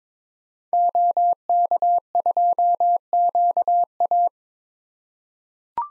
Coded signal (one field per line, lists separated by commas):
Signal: Morse code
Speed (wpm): 22 wpm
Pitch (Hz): 700 Hz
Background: none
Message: OK2QA